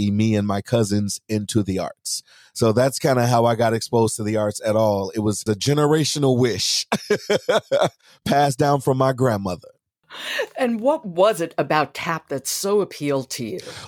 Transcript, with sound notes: me and my cousins, into the arts. So that's kind of how I got exposed to the arts at all. It was a generational wish [laughter] passed down from my grandmother.
And what was it about tap that so appealed to you?